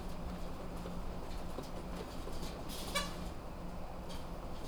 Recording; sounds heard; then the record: poultry house recording; sick chickens (respiratory disease)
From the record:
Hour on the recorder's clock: 0